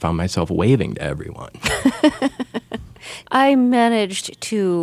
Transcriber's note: soundbite of laughter